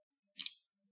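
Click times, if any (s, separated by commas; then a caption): 0.4 s, 0.5 s. A hood pin latch on a car hood is pushed in so its retaining part pops up and releases the hood pin. A sharp double click is heard at 0.4 and 0.5 seconds, and the latch unlatches.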